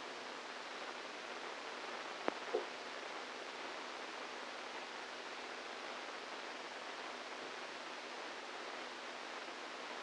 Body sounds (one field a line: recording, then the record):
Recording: brain microelectrode recording played as sound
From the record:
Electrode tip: outside the subthalamic nucleus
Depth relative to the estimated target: -4 mm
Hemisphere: right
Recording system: NeuroSet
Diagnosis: Parkinson's disease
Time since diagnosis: 8 years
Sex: male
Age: 46 years